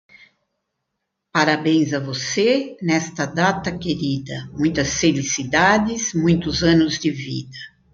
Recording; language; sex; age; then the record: short text; Brazilian Portuguese; female; 60 to 69 years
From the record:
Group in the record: control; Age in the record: 68 years